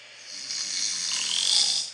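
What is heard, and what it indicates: A single hissy, rattling snore from a sleeping adult builds over about two seconds, replayed through a phone speaker.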